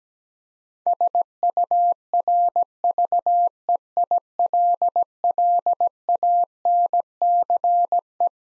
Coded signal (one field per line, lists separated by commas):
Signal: Morse code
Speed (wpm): 17 wpm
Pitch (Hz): 700 Hz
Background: none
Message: SURVEILLANCE